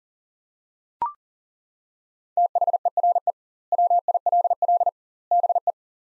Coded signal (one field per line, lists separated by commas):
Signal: Morse code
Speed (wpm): 40 wpm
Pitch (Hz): 700 Hz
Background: none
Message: THERE WILL BE